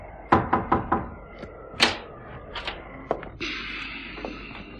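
Four quick, evenly spaced knocks rap on a wooden door, followed by a heavier thump, a few scattered clicks and rattles, and a faint sustained creak at the end.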